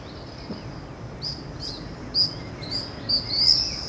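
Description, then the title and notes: Birds singing: short high chirps and thin whistled notes in bursts, growing busier toward the end, over a steady low road rumble. Recorded along Chemin sous les Fenêtres, Aurifat, Cordes-sur-Ciel, Albi, Tarn, Occitanie, France; birdsong with road noise; Zoom H6 recorder, FetHead, BasicUcho microphone. "Chemin sous les Fenêtres, Aurifat, Cordes-sur-Ciel, Albi, Tarn, Occitanie, France métropolitaine, 81170, France - quiet time with the birds. birdsong , noise from the road"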